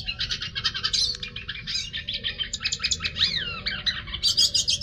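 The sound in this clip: Hooded siskin twittering, a jumble of high chirps and buzzy, sliding notes running continuously, over a steady low rumble of background noise.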